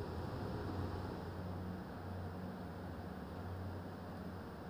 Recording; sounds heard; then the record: poultry house recording; no chicken sound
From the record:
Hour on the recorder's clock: 21